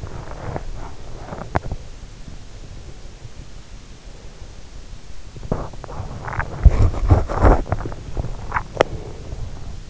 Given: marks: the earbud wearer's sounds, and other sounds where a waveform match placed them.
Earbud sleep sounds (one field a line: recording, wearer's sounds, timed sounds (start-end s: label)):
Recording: sounds in sleep by an in-ear microphone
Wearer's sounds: body movement, swallowing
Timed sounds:
0.00-1.78 s: body movement
5.45-9.56 s: body movement
8.44-8.99 s: swallowing